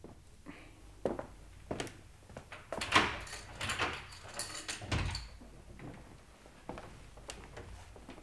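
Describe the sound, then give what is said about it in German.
A series of sharp metallic clicks and rattles, like a lock being worked, followed by heavier bumps and a scraping rush as a door is pulled open. No voices are heard. “Öffnen Sie die Tür! Sofort!”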